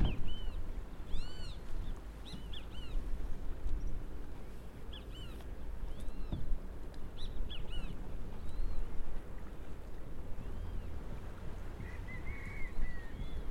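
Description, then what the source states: Yellow-chested birds giving arched, squeaky chirps mostly in the first seconds, then a few scattered notes, with steady low rumbling noise throughout. A noisy species of yellow-chested birds recorded in St. George, Bermuda.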